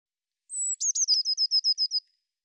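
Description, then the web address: Eurasian blue tit with one long thin high note followed by a quick, even trill of several short notes gently falling in pitch, on a silent background. "cianscape birddata Deverinetal 2025 File cleaned normalized Bird Cy Ca"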